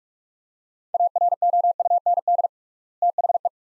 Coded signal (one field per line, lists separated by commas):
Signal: Morse code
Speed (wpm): 41 wpm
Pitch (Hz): 700 Hz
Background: none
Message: AROUND THE